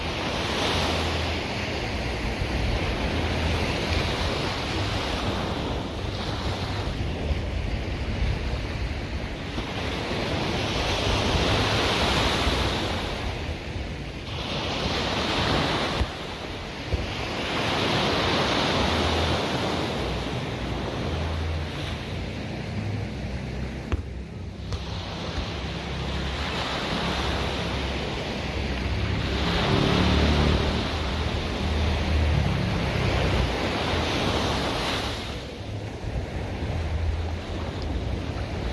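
Sea waves roll in and wash back continuously, surging every few seconds, with steady wind rumbling against the microphone and occasional low thumps.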